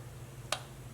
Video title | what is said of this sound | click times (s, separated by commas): 2018-21 Hyundai Kona P0301 - P0304 Repair - Easy Step by Step Instructions | There's the click. | 0.5 s